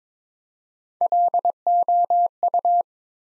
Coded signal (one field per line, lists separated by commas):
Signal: Morse code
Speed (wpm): 22 wpm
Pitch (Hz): 700 Hz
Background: none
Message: LOU